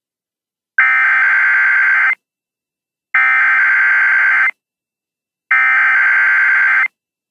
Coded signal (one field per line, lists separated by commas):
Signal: Emergency Alert System (SAME) tones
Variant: header bursts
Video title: EAS #2079-2080 - EXTREME WIND WARNING on NOAA Weather Radio KIH24 and WJON IP for Hurricane Helene